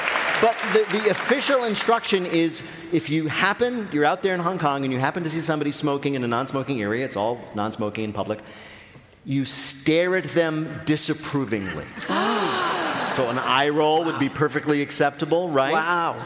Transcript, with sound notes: But the official instruction is if you happen - you're out there in Hong Kong and you happen to see somebody smoking in a non-smoking area - it's all non-smoking in public - you stare at them disapprovingly.
(LAUGHTER)
So an eyeroll would be perfectly acceptable, right?